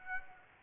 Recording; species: mosquito wingbeat signal from an infrared sensor; Aedes aegypti